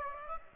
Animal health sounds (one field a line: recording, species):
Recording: mosquito wingbeat signal from an infrared sensor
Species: Aedes aegypti